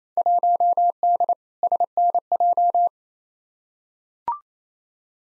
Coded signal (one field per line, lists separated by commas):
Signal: Morse code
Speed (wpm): 28 wpm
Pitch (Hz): 700 Hz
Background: none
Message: 1D SNJ